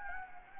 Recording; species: mosquito wingbeat signal from an infrared sensor; Anopheles gambiae